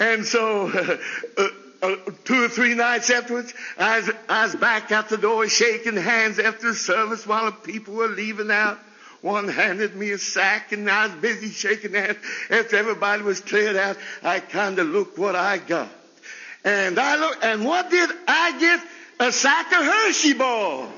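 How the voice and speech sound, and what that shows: An adult male preacher tells a story during a chapel sermon in mostly fluent, lively speech, with a drawn-out opening sound, a brief repetition of "I" and a few stretched sounds and pauses. These are mild signs of stuttering in a man who used to stutter a whole lot and whose stutter has since improved.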